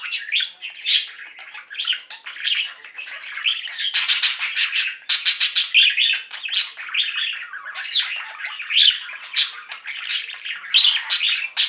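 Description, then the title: Budgerigar chatter, a busy, continuous stream of warbling and squeaky chirps with sharp high bursts. "Budgie Sounds"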